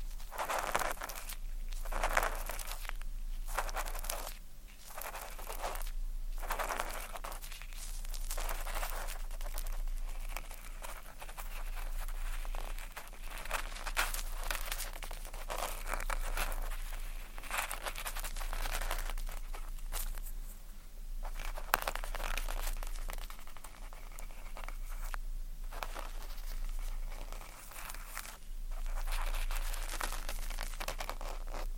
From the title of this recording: Ear Cleaning, Tweezers, Sticky Sounds, Spray Bottle